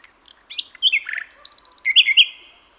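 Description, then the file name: Common nightingale song: one short, varied phrase that mixes high chips with a quick rattle and ends in two bright, ringing whistled notes. "Luscinia megarhynchos"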